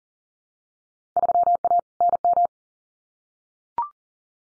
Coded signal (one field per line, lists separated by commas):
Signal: Morse code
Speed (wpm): 40 wpm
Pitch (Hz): 700 Hz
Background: none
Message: 3A NM